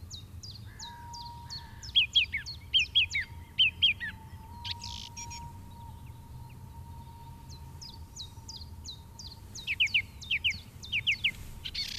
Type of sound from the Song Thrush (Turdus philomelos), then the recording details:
song. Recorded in the wild. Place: Garmisch-Partenkirchen, Bayern, DE. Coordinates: 47.4919, 11.0972. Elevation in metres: 706. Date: 1969-04-13. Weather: Schneefall. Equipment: Nagra III, Sennheiser MKH 405. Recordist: Tretzel, Erwin